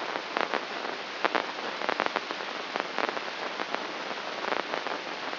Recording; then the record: brain microelectrode recording played as sound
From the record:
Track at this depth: outside the subthalamic nucleus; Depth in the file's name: 7.828 mm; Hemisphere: left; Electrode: 3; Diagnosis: Parkinson's disease